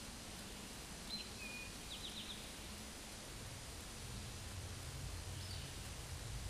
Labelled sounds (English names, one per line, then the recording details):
Eastern Towhee song
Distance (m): 100 m
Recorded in a Pennsylvania forest on 17 May 2023 at 13:25
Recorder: AudioMoth, point grid1_34_low
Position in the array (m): 112 m, 104 m